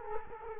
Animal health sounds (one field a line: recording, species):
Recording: mosquito wingbeat signal from an infrared sensor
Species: Culex quinquefasciatus